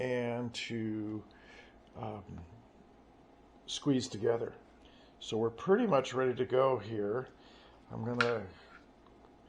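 Someone talks while handling a piece of a PETG 3D-printed jig used to heat-splice a diagonally cut urethane machinery belt, getting ready to press it into its seat on the jig. Faint handling ticks come near the end at about 9.1, 9.3 and 9.5 s. The piece has not seated or snapped into place yet.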